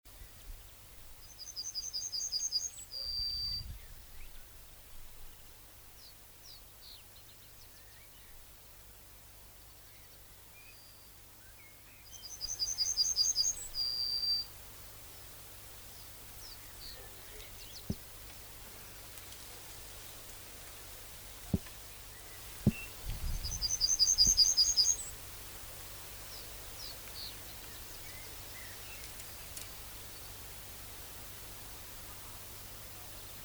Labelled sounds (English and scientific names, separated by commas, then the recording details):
Yellowhammer (Emberiza citrinella) song
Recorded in the wild
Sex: male
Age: adult
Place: Köppchensee (Fließtal), NSG Fließtal, Berlin, DE
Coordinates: 52.6231, 13.3747
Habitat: willow
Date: 1996-07-14 12:48
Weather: slightly overcast, 22°C
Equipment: Sony MD-WM MZ-R3, Sennheiser MKH 416 T, Kopie Uher 4000 Report Monitor
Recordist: Tembrock, Günter